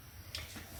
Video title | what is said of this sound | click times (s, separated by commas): 2003 Mitsubishi Galant The Interior Is Done | and just snaps into place | 0.3 s